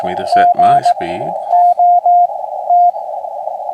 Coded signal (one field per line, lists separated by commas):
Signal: Morse code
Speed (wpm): 18 wpm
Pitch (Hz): 710 Hz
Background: speech, radio noise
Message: GOT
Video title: Saturday Morning Radio 6-13-2026